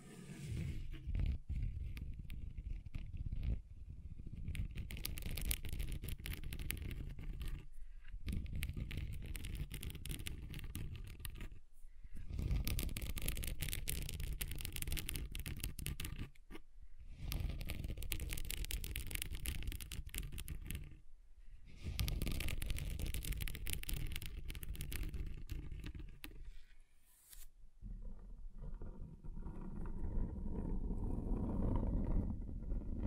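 Scratching on a table's different surfaces, a dense, rough rasping that runs in long strokes of several seconds each. Brief pauses break it near 8, 12, 16, 21 and 27 seconds, and the texture shifts between passes, some grittier and brighter, others lower and duller.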